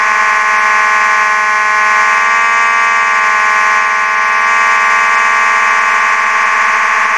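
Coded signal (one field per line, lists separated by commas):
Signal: alarm pattern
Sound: one loud, steady, harsh buzzing horn tone sounding without a break for seven seconds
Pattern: continuous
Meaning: A continuous fire alarm tone calls for evacuation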